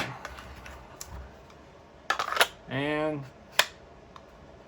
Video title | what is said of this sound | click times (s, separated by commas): Streamlight TLR 7 Sub HL-X vs Original Streamlight TLR 7 Sub - Holster Compatibility & Unboxing | there you go there's the click everybody loves to hear | 3.6 s